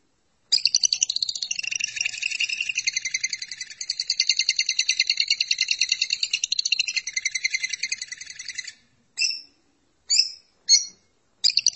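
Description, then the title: Lovebird chattering song, a long rapid harsh trill of about eight seconds followed by several short sharp chirps. "BM Suara Burung Lovebird"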